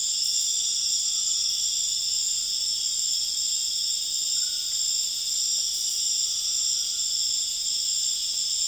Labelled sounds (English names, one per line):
none